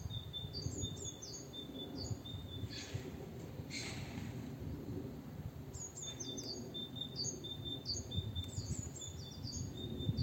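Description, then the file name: Great tit calls: high, thin descending notes paired with a steady whistled tone, in two bursts, the second longer, over a low rumbling background. "Parus major"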